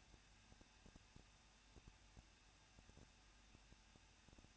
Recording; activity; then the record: daily activity, microphone in the room; no activity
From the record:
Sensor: 2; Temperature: 21.0 degrees Celsius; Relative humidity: 37.3%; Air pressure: 1006.4 hPa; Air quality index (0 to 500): 220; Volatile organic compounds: 23 ppm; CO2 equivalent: 2779 ppm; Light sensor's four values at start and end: 2/3/2/2 and 2/3/2/2